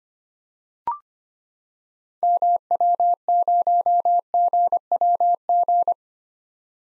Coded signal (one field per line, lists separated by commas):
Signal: Morse code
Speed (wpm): 25 wpm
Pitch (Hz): 700 Hz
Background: none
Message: MW0GWG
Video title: 2023 POTA Activator Call Signs - 25wpm